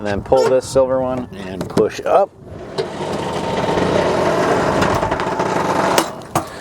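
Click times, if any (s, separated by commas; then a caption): 6.4 s. Someone talks, then pushes the tilt cab of a 2025 Isuzu FTR medium-duty box truck up after pulling the release levers, including a silver one, with a steady grinding, rushing noise as the cab rises. The tilt cab support latch locks into place with a sharp metallic clunk at 6.4 s.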